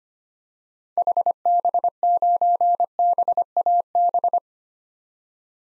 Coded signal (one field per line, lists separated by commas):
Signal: Morse code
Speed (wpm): 25 wpm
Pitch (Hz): 700 Hz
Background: none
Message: HB9BAB